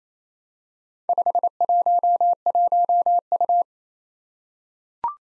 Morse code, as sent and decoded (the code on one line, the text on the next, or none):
..... .---- .---- ..-
511U